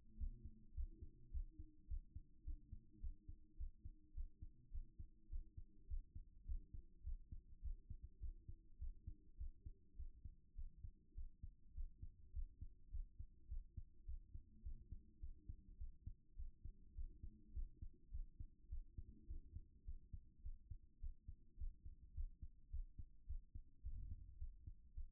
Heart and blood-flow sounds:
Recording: heart sounds by stethoscope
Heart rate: 104 bpm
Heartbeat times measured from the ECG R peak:
0.15 s: heartbeat
0.72 s: heartbeat
1.29 s: heartbeat
1.86 s: heartbeat
2.42 s: heartbeat
2.98 s: heartbeat
3.55 s: heartbeat
4.12 s: heartbeat
4.69 s: heartbeat
5.27 s: heartbeat
5.85 s: heartbeat
6.43 s: heartbeat
7.02 s: heartbeat
7.60 s: heartbeat
8.18 s: heartbeat
8.77 s: heartbeat
9.35 s: heartbeat
9.94 s: heartbeat
10.53 s: heartbeat
11.13 s: heartbeat
11.72 s: heartbeat
12.31 s: heartbeat
12.89 s: heartbeat
13.46 s: heartbeat
14.04 s: heartbeat
14.61 s: heartbeat
15.18 s: heartbeat
15.76 s: heartbeat
16.34 s: heartbeat
16.93 s: heartbeat
17.51 s: heartbeat
18.09 s: heartbeat
18.67 s: heartbeat
19.25 s: heartbeat
19.83 s: heartbeat
20.40 s: heartbeat
20.98 s: heartbeat
21.55 s: heartbeat
22.12 s: heartbeat
22.68 s: heartbeat
23.24 s: heartbeat
23.80 s: heartbeat
24.36 s: heartbeat
24.92 s: heartbeat
From the record:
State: after exercise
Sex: male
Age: 37 years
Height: 170 cm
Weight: 86 kg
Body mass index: 29.76

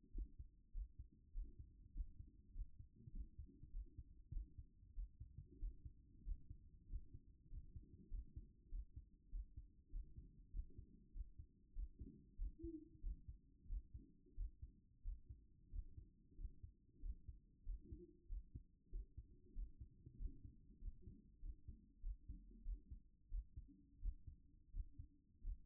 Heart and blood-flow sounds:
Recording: heart sounds by stethoscope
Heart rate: 96 bpm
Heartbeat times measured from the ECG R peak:
0.12 s: heartbeat
0.72 s: heartbeat
1.32 s: heartbeat
1.92 s: heartbeat
2.52 s: heartbeat
3.11 s: heartbeat
3.71 s: heartbeat
4.31 s: heartbeat
4.93 s: heartbeat
5.57 s: heartbeat
6.22 s: heartbeat
6.86 s: heartbeat
7.48 s: heartbeat
8.09 s: heartbeat
8.69 s: heartbeat
9.30 s: heartbeat
9.90 s: heartbeat
10.50 s: heartbeat
11.11 s: heartbeat
11.73 s: heartbeat
12.36 s: heartbeat
13.01 s: heartbeat
13.67 s: heartbeat
14.34 s: heartbeat
15.02 s: heartbeat
15.69 s: heartbeat
16.35 s: heartbeat
17.00 s: heartbeat
17.63 s: heartbeat
18.27 s: heartbeat
18.89 s: heartbeat
19.53 s: heartbeat
20.16 s: heartbeat
20.78 s: heartbeat
21.40 s: heartbeat
22.00 s: heartbeat
22.62 s: heartbeat
23.28 s: heartbeat
23.99 s: heartbeat
24.70 s: heartbeat
25.41 s: heartbeat
From the record:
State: at rest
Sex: male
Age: 25 years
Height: 189 cm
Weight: 101 kg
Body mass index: 28.27

